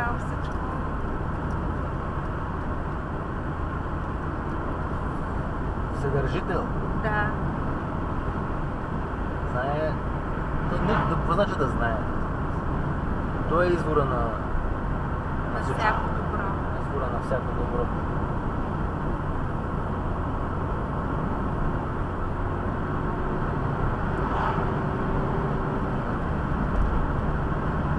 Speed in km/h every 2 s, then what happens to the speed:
64, 63, 64, 64, 64, 63, 63, 63, 64, 65, 67, 71, 73, 74.
0-14 steady at about 63. 14-28 speeds up to 74.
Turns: none.